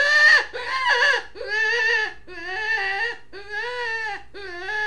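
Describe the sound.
Rabbit giving loud, quavering wails, about six cries in quick succession, each bending up and down in pitch.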